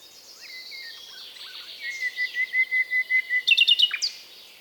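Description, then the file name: Common nightingale song: soft varied notes, then a run of evenly spaced repeated notes building in loudness, ending in a fast clicking flourish. "British Library - European Nightingale(Luscinia megarhynchos)"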